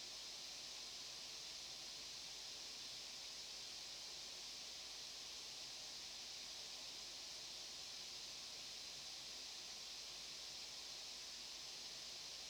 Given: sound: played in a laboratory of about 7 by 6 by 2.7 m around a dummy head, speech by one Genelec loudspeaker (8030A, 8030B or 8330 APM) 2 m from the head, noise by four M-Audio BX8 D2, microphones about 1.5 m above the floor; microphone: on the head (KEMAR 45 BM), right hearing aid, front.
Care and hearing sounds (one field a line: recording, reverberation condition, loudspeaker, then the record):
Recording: white noise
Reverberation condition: low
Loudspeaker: four, about 170 cm from the corners of the room and facing them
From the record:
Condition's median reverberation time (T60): about 310 ms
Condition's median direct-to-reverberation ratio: about 3.5 dB